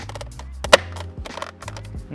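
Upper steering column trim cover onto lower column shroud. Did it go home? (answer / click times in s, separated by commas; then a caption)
yes / 0.7 s. On a BMW F82 M4, the upper plastic steering column trim cover is lined up and pressed down onto the lower column shroud until its clips engage. A soft tick comes just before a sharp, loud snap at 0.7 s, over a steady tonal background. The trim cover snaps into place and is seated.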